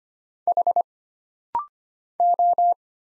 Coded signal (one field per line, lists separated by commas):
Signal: Morse code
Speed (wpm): 25 wpm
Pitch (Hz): 700 Hz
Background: none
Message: H O